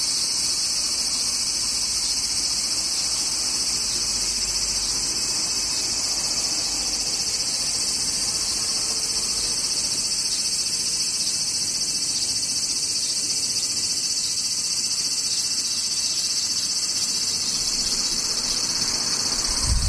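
Cicadas drone without pause, a dense, high, hissing buzz that holds level for the whole stretch with no breaks or swells. Beneath it sits a faint, low rumble, also steady, and nothing else stands out.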